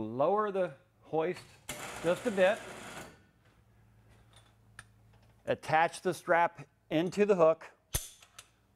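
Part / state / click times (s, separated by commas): hoist strap into snap hook of a bed-lowering hoist / seated / 8.0 s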